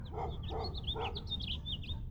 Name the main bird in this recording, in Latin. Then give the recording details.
Haemorhous mexicanus. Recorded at Valley Stream on Long Island, New York, on 17 June 1975. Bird AB